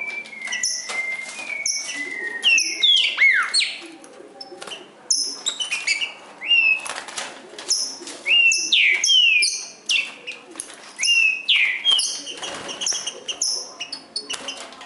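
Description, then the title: Green-winged saltator singing loud slurred whistled phrases, some falling, some rising, in quick bursts with brief pauses, thin high notes scattered throughout. In the forest, singing in contest with a free-living wild bird. "Trinca Ferro NICÃ O No Mato Disputando Com Solto"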